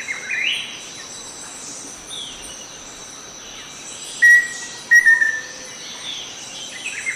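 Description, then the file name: Black-faced antthrush whistled song, a lone opening note and then a fast string of similar notes dropping gently, set against dense insect chirring and other bird calls. "Song of Formicarius analis"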